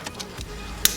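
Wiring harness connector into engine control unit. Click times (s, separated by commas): 0.8 s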